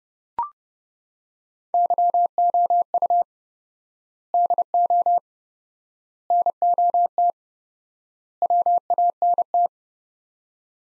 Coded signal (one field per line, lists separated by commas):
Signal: Morse code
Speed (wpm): 30 wpm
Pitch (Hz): 700 Hz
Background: none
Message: YOU DO NOT WANT